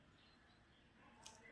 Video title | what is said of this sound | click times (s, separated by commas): Craft work | lock ஆயிடுச்சு. | 1.3 s